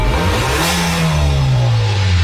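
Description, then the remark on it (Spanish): A used Acura car engine revs and accelerates, a loud, continuous low growl with a strong droning hum whose pitch shifts slightly as it pulls, with a faint rushing whoosh on top and no voices. “Ni con esta aceleración.”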